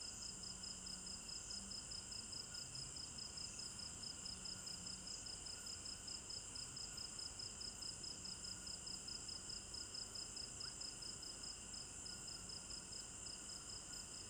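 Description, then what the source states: Crickets chirp in a continuous night chorus, a high voice pulsing quickly and evenly, with steady insect drones and short low hums now and then in the background. Recorded at night in an African village garden; stereo binaural recording.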